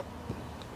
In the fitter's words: kind of hear it pop off and then the ribbon cable will pull out